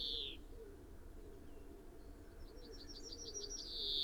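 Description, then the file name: European greenfinch calls: a drawn-out buzzy wheeze at the start and the end, with a soft rapid trill between them, over a low steady hum. "Chloris chloris"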